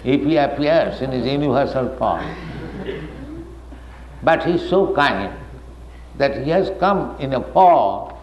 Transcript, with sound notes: if He appears in His universal form? [laughter] But He is so kind that He has come in a form.